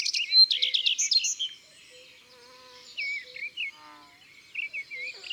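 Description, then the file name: Common redstart singing bright repeated high notes that break into a jumbled warble, followed by softer scratchy phrases after short gaps. Countryside setting. "Rougequeue a front blanc - Chants d'oiseaux dans la campagne"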